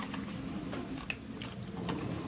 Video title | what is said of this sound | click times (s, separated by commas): Drone SG 900-S with GPS 1080p // Drone parfait pour débutant et enfant | and then it folds back out, and it locks into place by these little interference captures there. | 1.1 s, 1.4 s